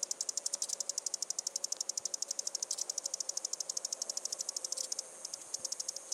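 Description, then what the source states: Cicada calling with a fast train of sharp, high, rasping pulses, several per second, with a faint lower hum beneath. Recorded in Arizona.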